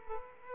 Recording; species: mosquito wingbeat signal from an infrared sensor; Aedes aegypti